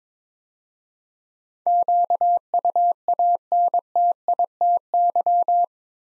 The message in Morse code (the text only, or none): QUANTITY